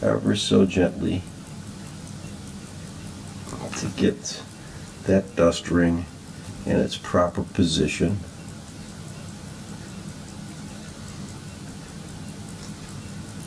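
Someone talks while a metal dust ring is handled and gently pressed toward its proper position on a pocket watch movement, with quiet handling sounds between the speech. Nothing has seated or clicked yet by the end of the clip.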